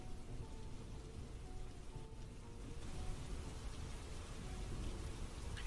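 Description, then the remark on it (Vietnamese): Steady, even rain from a sudden downpour hisses without pause, a dense wash of drops with a low rumbling undertone of thunder that swells slightly halfway through, heard from inside a house with all doors shut. No voices. “Cơn mưa rào bất chợt ù ù đổ xuống, cứ như vậy đến tận nửa đêm, mặc cho bên ngoài sấm chớp ầm ầm. Ở trong nhà, khi đóng chặt tất cả các cửa, mọi thứ yên tĩnh hơn. Chỉ còn loáng thoáng nghe tiếng mưa ở bên ngoài lại làm cho con người ta dễ ngủ.”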